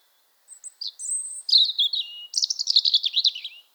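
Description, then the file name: European robin sings a high wavering phrase, thin drawn whistles leading into a rapid jangling trill near the end. "Erithacus rubecula"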